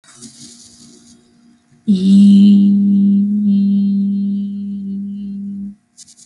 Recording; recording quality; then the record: sustained vowel as in beet; excellent, no background noise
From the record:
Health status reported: healthy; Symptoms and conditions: none ticked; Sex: female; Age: 26 years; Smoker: not ticked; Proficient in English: yes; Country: United States